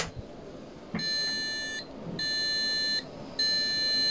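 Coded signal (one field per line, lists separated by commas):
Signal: beep code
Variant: desktop PC POST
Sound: repeating long buzzy beeps, about 0.8 s on and 0.4 s off, three heard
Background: room hum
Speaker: Parang hindi niya na-detect yung ating memory.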